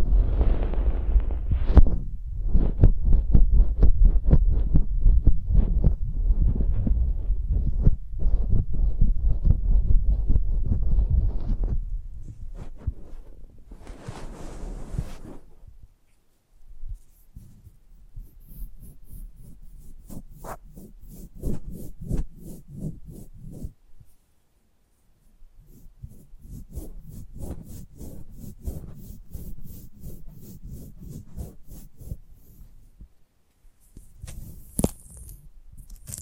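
ASMR close-up mic treatment: for the first twelve seconds, dense, rapid, low thumping and rubbing fills the sound. After that it turns softer and sparser, with brief pauses, quiet brushing, and crisp, bright ticking and crackling that comes and goes toward the end.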